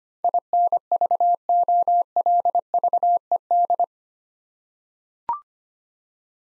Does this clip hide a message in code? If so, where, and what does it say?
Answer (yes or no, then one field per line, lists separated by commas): yes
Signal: Morse code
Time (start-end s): 0.2-3.8 s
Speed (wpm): 25 wpm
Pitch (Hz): 700 Hz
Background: none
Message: INVOLVED